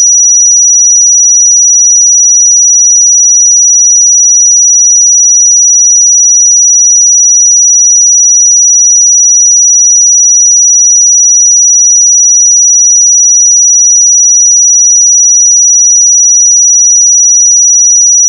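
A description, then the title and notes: A pure sine tone at 5841 Hz holds perfectly steady for the whole clip. The pitch is high and thin, with no wavering, pulsing or change in loudness. Nothing else is heard behind it; the background is silent. 5841 Hz 1 Hz Interval Sine Pure Tone Frequency 441000 Sample Mono.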